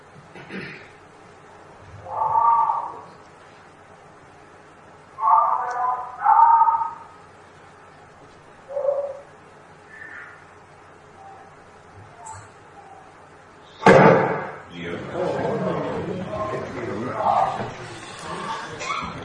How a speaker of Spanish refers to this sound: Expertos en balística del equipo de Cuarto Milenio pudieron analizar ese fragmento sonoro del disparo y determinaron que procedía de un arma corta de la época de la Guerra Civil.